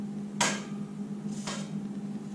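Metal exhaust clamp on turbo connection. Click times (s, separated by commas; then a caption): 0.4 s. A metal clamp on the turbo-to-exhaust connection of a 6.0 diesel pickup is worked loose during turbo removal, giving a sharp click at 0.4 s and a softer knock at 1.5 s over a steady low hum. The clamp comes loose.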